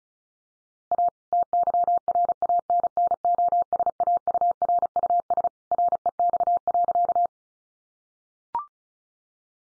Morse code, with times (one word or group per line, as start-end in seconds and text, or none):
0.9-1.1 A
1.3-5.5 TYRANNOSAURUS
5.7-7.3 REX.